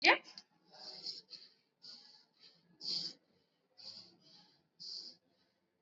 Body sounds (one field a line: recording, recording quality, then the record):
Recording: shallow breathing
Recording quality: excellent, no background noise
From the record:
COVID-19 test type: RT-PCR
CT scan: not taken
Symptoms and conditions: sore throat, fever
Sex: male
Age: 22 years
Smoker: no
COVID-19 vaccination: one dose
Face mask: worn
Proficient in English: yes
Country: India